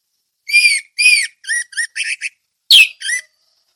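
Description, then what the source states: Orange-headed thrush song: a string of clear whistled notes with rich overtones, several slurred and a few short and choppy, with a sharper burst near the end. Indonesian name anis merah; song delivered in the ngeplong teler style.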